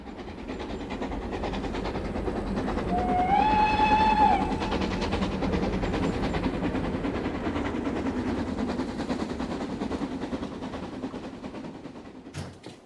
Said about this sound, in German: Genosse, der Zug muss sofort gestoppt werden. Was muss er? Das geht nicht mehr. Er passiert eben die Grenze.